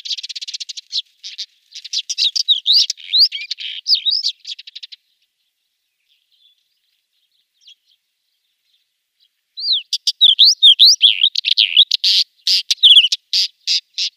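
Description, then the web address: Pied wheatear song: two bursts of fast, scratchy warbling with rapid rising and falling whistled notes and dry clicks, separated by a long silent pause. "Schulze Peter Pied Wheatear song"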